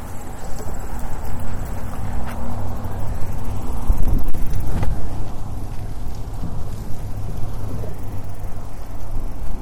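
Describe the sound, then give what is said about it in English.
Steady, blustery wind roars across the microphone with a deep low rumble, swelling into a stronger gust midway before settling back to a constant rushing hiss. No one speaks. “How's he going to go against the wind?”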